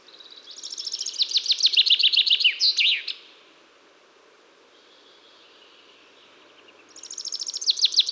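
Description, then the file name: Common chaffinch song: a descending series of bright trilled notes ending in a flourish, about three seconds long, then a pause before the next phrase begins. "Fringilla coelebs"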